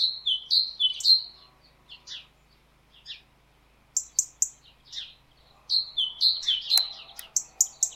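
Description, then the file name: Great tit calls: bright two-note phrases, a higher note dropping to a lower one, repeated in quick bursts, with thin high notes between and a short rustle near the end. "Parus major"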